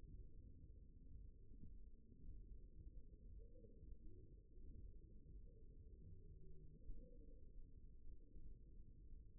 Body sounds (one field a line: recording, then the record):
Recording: forearm muscle sounds (acoustic myography)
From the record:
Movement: thumb flexion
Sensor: system 1, eight BSWA MPA416 microphones around the upper forearm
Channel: 4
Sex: male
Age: 54 years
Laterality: right